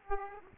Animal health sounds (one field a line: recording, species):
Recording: mosquito wingbeat signal from an infrared sensor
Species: Aedes aegypti